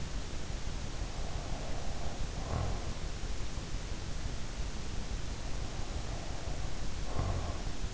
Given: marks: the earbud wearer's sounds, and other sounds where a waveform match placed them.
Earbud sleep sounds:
sounds in sleep by an in-ear microphone; breath
1.02-3.06 s: breath
5.81-7.94 s: breath

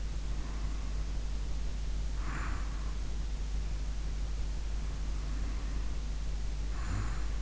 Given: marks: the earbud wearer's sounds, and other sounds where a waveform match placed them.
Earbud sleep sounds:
sounds in sleep by an in-ear microphone; breath, snoring breath
0.11-2.89 s: breath
4.78-7.41 s: snoring breath

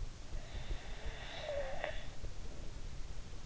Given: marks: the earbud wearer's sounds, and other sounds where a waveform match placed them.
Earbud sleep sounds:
sounds in sleep by an in-ear microphone; breath
0.29-3.13 s: breath

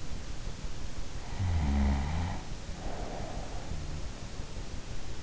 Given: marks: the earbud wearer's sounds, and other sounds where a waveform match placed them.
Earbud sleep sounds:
sounds in sleep by an in-ear microphone; snoring breath
1.22-3.83 s: snoring breath

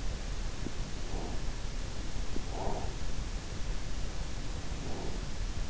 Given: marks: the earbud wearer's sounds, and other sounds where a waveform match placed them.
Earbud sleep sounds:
sounds in sleep by an in-ear microphone; breath
0.39-1.49 s: breath
2.27-3.11 s: breath
4.34-5.31 s: breath

